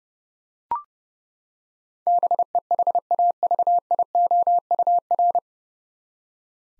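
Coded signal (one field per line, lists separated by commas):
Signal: Morse code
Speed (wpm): 29 wpm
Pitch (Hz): 700 Hz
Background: none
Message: BEHAVIOUR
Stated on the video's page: Morse drill of nine-letter words at 30 wpm, each sent, spoken, then sent again for head-copy practice.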